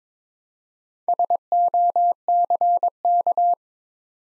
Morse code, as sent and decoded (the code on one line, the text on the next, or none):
... --- -.-. -.-
SOCK